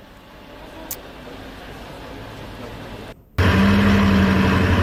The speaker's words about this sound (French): Il y a une Bugatti Chiron qui est arrivée à Monaco. C'est ça, la voiture que vous avez entendue tout à l'heure.